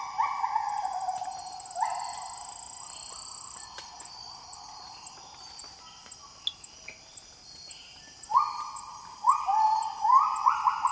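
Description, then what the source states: Gibbons calling in loud stepped phrases, each note jumping upward in pitch, in bursts at the start and end with a quieter gap, over a steady high drone. Gibbons calling early in the morning in Borneo rainforest; recorded with a Sound Devices Mixpre 6 II and Sennheiser MKH8040/MKH30 DMS rig, decoded from DMS to stereo.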